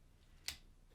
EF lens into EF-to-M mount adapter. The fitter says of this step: just ensures that it's a good fit for the lens so just turn it till you hear it click so